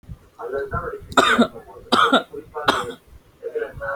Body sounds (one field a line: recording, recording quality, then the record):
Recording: heavy voluntary cough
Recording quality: moderate, slight background noise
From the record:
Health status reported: healthy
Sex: male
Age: 23 years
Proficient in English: yes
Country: India